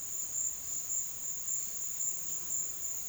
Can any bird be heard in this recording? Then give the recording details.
no. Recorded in pastures near Puerto Asís, Putumayo, Colombia, on 23 June 2025 at 12:30. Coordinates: 0.466, -76.322. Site GP07